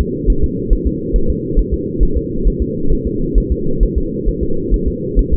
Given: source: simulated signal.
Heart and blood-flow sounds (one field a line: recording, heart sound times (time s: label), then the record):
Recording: fetal heart sounds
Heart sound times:
0.01 s: S2
0.30 s: S1
0.44 s: S2
0.73 s: S1
0.87 s: S2
1.16 s: S1
1.30 s: S2
1.59 s: S1
1.74 s: S2
2.03 s: S1
2.17 s: S2
2.47 s: S1
2.62 s: S2
2.93 s: S1
3.07 s: S2
3.38 s: S1
3.52 s: S2
3.83 s: S1
3.98 s: S2
4.28 s: S1
4.43 s: S2
4.74 s: S1
4.88 s: S2
5.19 s: S1
5.34 s: S2
From the record:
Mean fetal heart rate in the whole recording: 135 bpm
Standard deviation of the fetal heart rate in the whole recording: 3 bpm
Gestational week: 36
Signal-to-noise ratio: -8.1 dB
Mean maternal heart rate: 72 bpm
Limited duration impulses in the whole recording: absent